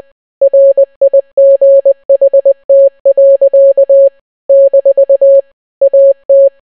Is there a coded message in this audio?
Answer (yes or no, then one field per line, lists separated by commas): yes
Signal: Morse code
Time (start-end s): 0.4-6.5 s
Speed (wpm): 20 wpm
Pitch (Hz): 550 Hz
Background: none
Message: RIGHT. - AT